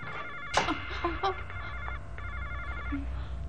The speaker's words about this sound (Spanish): ¿Por qué no contestáis al teléfono, eh? Sois unas irresponsables. Vuestro deber es contestar al teléfono.